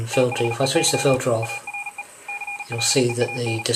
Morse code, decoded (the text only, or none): THEY ARE CLEAN